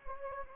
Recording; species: mosquito wingbeat signal from an infrared sensor; Anopheles gambiae